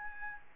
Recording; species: mosquito wingbeat signal from an infrared sensor; Aedes albopictus